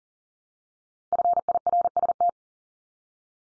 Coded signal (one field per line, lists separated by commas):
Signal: Morse code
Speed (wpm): 40 wpm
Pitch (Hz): 700 Hz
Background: none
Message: FIRST